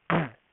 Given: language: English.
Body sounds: throat vibration sensor signal played as sound; throat clearing

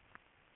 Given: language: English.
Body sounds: throat vibration sensor signal played as sound; swallow

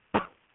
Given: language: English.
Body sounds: throat vibration sensor signal played as sound; cough

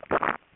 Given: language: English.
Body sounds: throat vibration sensor signal played as sound; swallow

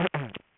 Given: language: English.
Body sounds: throat vibration sensor signal played as sound; throat clearing

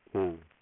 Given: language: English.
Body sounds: throat vibration sensor signal played as sound; speech

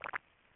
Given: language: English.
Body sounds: throat vibration sensor signal played as sound; swallow

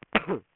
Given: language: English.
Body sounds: throat vibration sensor signal played as sound; cough

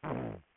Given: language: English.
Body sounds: throat vibration sensor signal played as sound; throat clearing

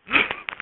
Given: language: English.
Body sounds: throat vibration sensor signal played as sound; cough

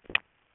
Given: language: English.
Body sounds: throat vibration sensor signal played as sound; swallow

